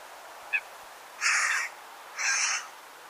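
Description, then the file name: Carrion crow calling two rough, raspy caws about one second apart, preceded by a tiny faint chirp, with steady low hiss behind. "Corvus corone"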